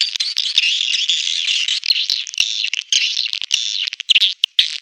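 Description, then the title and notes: Swiftlet chatter: a continuous high, buzzy twittering band with scattered sharp clicks, breaking into choppier bursts toward the end. Swiftlet calls used as a lure sound in swiftlet bird farming, Asia. "Swiflet Bird Sound. Farming Swiflet Bird asia sound"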